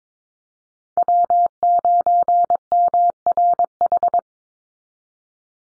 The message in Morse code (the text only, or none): W9MRH